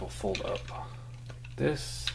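Someone talks while folding up the plastic arms of a combined robot toy, with soft handling ticks and rustles as the arm pieces are pressed toward each other. The arms have not locked together yet, and nothing has clicked or seated by the end.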